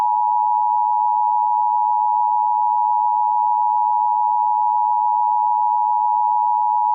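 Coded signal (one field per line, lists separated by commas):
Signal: Emergency Alert System (SAME) tones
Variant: 853 and 960 Hz attention tone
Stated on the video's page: Fictional EAS scenario, simulated alert.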